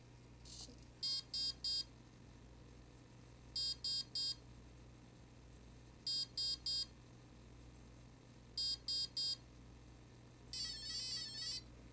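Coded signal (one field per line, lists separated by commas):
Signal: beep code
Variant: RC brushless ESC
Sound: four repeated groups of three short electronic beeps, then a brief warbling tone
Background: low electrical hum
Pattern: 3 short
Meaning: Three beeps selects option 3, battery protection, in ESC programming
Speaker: and we'll get three beeps for battery protection we want that for high cutoff with the stick low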